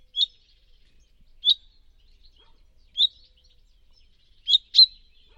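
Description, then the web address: Bird calls: short, high, clipped chirps repeated about every one and a half seconds, ending with a quick double chirp; background otherwise silent. "Deverinetal 2025. Bird Only"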